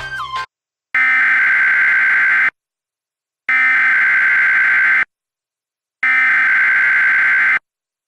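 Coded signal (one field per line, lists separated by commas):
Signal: Emergency Alert System (SAME) tones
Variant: header bursts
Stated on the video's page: Fictional mock Tornado Warning for Texas counties, using valid EAS tones.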